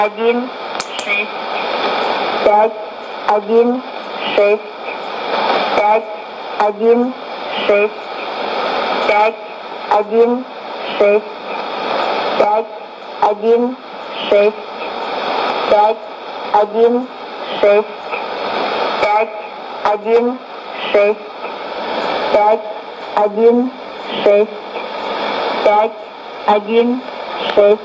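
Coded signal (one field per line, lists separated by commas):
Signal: numbers station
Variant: S06s, Russian female voice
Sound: female voice reading short evenly spaced words, likely numbers, through hissy shortwave noise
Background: radio static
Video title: 22 07 2016 Number station S06s Russian Lady to Eu 0940 on 9655 unknown tx site CUSB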